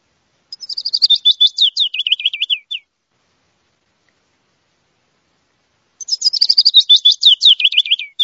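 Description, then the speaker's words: Willow Warbler singing two cascading phrases, each a run of whistled notes descending step by step, separated by a few seconds of silence. Song of a male. "Mosquitero musical. Canto del macho."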